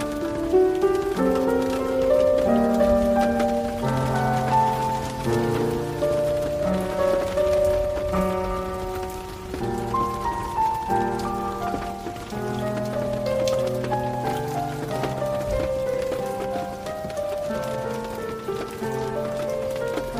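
Slow classical piano plays a gentle melody over sustained low chords, with notes changing every second or so. Steady rain patters throughout, a constant soft hiss with scattered drops. The level stays even from start to end.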